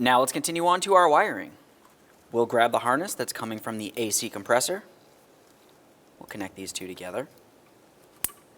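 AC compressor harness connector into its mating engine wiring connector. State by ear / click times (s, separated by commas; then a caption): seated / 8.2 s. On a 2006–2011 Honda Civic, during an accessory drive belt tensioner replacement, the AC compressor wiring harness connector is pressed into its mating plastic engine wiring connector while someone talks. After a quiet pause, a single sharp click at 8.2 s marks the connector seating.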